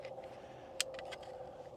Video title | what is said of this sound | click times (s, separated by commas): This Small F-450 Mod Just Saved Us So Much Frustration | And you should hear it snap when it goes into place. There it goes. It's in place now. | 0.8 s